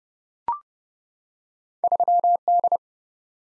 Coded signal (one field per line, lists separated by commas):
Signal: Morse code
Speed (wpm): 30 wpm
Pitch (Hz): 700 Hz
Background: none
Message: 3D